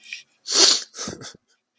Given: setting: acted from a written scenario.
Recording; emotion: vocal sound without words; sadness